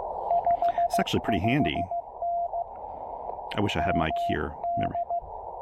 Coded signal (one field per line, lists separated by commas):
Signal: Morse code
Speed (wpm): 18 wpm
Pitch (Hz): 700 Hz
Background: speech, radio noise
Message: 55N MD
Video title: New Year's Day POTA: New VK3IL Pressure Paddle, New FT-817/818 Filter, and New TPA-817 Pack Frame!